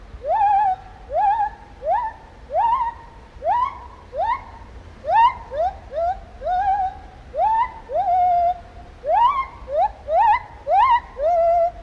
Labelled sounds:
Lar Gibbon

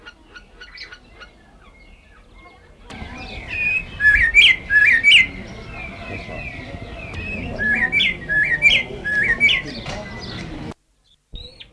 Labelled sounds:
Greater Racket-tailed Drongo call

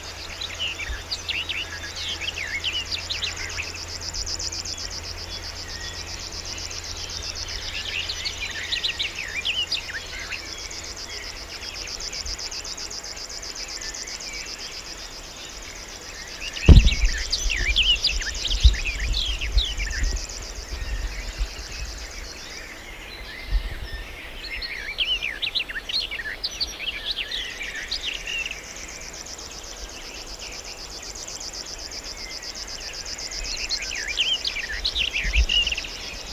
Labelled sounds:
River Warbler song

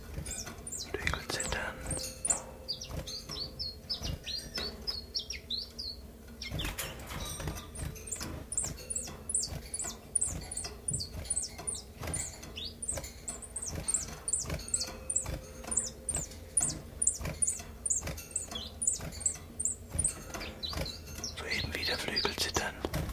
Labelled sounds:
Common Chiffchaff

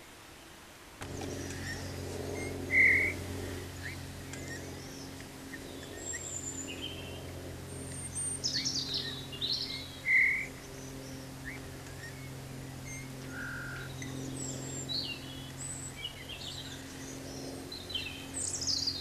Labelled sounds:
Eurasian Bullfinch song

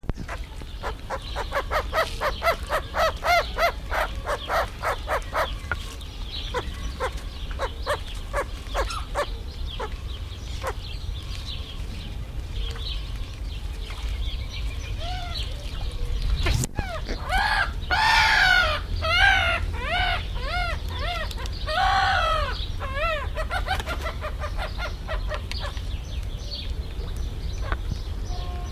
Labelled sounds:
Laughing Gull call

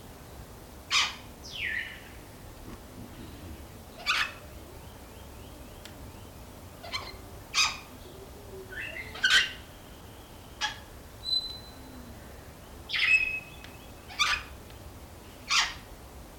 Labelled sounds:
Major Mitchell's Cockatoo call

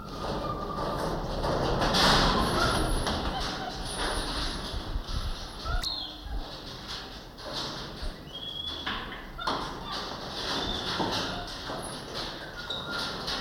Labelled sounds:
Goeldi's Marmoset call

